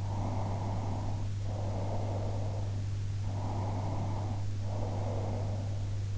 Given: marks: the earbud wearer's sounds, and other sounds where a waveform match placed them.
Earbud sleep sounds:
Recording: sounds in sleep by an in-ear microphone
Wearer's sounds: breath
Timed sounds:
0.04-2.80 s: breath
3.38-5.93 s: breath

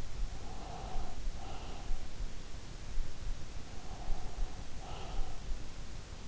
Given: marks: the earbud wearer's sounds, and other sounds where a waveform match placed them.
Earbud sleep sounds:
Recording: sounds in sleep by an in-ear microphone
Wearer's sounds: breath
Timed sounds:
0.16-2.36 s: breath
3.39-5.72 s: breath

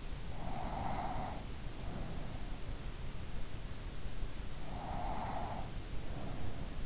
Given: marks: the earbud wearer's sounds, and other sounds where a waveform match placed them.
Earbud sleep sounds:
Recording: sounds in sleep by an in-ear microphone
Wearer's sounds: breath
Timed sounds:
0.30-2.80 s: breath
4.57-6.85 s: breath

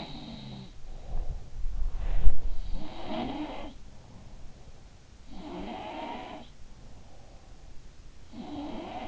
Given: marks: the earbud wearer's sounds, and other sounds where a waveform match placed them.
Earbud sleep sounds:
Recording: sounds in sleep by an in-ear microphone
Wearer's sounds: body movement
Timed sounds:
0.00-1.58 s: sound from someone else or the room
0.73-2.81 s: body movement
2.43-4.78 s: sound from someone else or the room
5.16-7.58 s: sound from someone else or the room
8.18-9.08 s: sound from someone else or the room

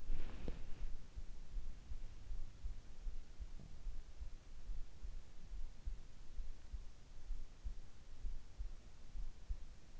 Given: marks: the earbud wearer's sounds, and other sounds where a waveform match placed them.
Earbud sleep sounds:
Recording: sounds in sleep by an in-ear microphone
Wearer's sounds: body movement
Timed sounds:
0.00-0.75 s: body movement

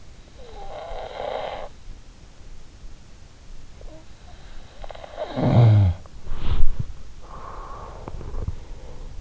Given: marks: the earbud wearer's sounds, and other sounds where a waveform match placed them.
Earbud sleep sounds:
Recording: sounds in sleep by an in-ear microphone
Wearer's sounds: snoring breath, body movement, breath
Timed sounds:
0.00-2.51 s: snoring breath
4.28-6.45 s: snoring breath
5.99-7.60 s: body movement
7.08-8.91 s: breath

